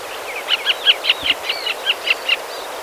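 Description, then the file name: Western marsh harrier uttering around ten high, sharp yelping notes in quick succession, a soft low thump partway through. "barna retiheja hangja"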